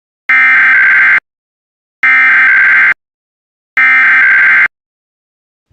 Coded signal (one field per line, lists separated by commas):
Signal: Emergency Alert System (SAME) tones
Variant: header bursts